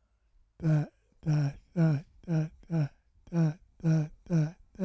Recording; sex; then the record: repeated syllable /ta/; male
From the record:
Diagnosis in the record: Parkinson's disease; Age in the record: 65 years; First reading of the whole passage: 164 s, 3.2 characters per second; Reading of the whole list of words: 151 s, 1.9 characters per second